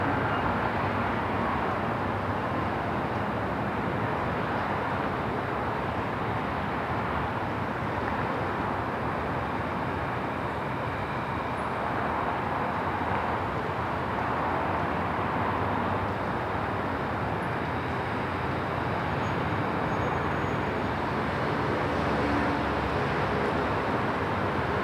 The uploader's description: Busy night of Taipei city on a rooftop